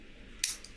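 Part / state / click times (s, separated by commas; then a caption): stop pin into a folding knife's handle and blade assembly / seated / 0.4 s. While reassembling a folding knife, a metal stop pin is lined up and the knife's handle and blade assembly are pressed together. A sharp, bright metallic click at 0.4 s marks the pin popping into its seat, followed by a faint tick at 0.7 s over a quiet background. The stop pin is seated in place.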